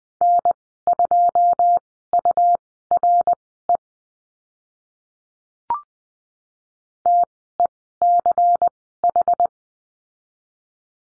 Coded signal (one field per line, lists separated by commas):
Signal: Morse code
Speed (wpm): 20 wpm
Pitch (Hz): 700 Hz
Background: none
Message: N2URE TECH